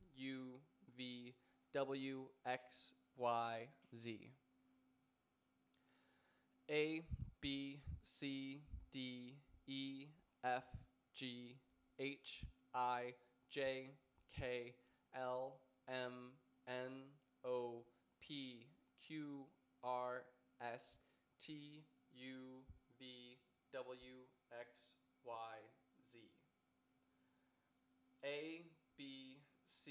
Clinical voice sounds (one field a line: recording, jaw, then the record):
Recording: letters of the alphabet, spoken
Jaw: free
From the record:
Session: first day, before the bite bar